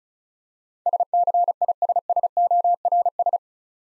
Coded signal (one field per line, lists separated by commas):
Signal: Morse code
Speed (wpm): 39 wpm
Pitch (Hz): 700 Hz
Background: none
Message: SCISSORS